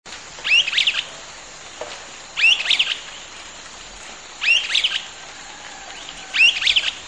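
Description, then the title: Streaked flycatcher calls: squeaky notes given roughly every two seconds, four calls in all over a steady background hiss. Subspecies solitarius. "LuckyPassaro Completos2Sama. Streaked Flycatcher (Myiodynastes maculatus solitarius)"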